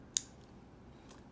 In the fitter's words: the plastic ring around it and that allows for posting it posts with a nice click and there's